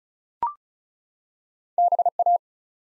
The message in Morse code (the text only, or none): BA